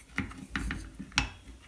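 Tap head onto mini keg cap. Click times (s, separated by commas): 1.2 s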